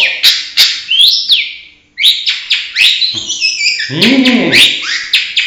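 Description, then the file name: Long-tailed shrike song of sharp chips, upslurred whistles and twittering phrases, broken by a brief pause, ending in a busy scratchy jumble. Banyuwangi; tutor recording (masteran) for training birds, full 'isian' song style. "cendet banyuwangi"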